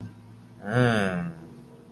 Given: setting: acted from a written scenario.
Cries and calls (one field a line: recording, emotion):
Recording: vocal sound without words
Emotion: desire